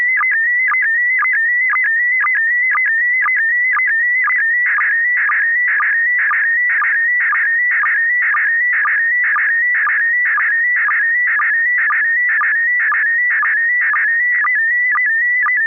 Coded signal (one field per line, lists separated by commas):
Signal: SSTV (slow-scan television)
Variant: PD 120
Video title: N6NA SSTV Net - 04/24/2024